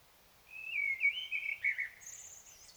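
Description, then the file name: Common blackbird sings one warbled, fluty phrase that trails into a faint, high, thin squeak. "Turdus merula"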